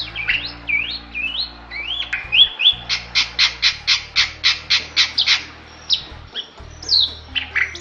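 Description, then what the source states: Bali myna song: varied whistled and harsh notes, then a fast run of about a dozen loud, evenly spaced squawky notes, followed by more whistles. Described as singing vigorously (gacor).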